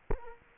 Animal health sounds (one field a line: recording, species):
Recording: mosquito wingbeat signal from an infrared sensor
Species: Culex quinquefasciatus